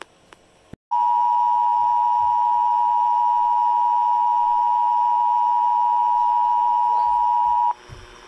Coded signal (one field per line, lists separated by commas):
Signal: Emergency Alert System (SAME) tones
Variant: 853 and 960 Hz attention tone